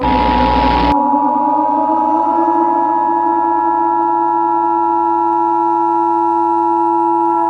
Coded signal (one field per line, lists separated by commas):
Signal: Emergency Alert System (SAME) tones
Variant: 853 and 960 Hz attention tone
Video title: Heartland Cataclysm (Eas Scenario)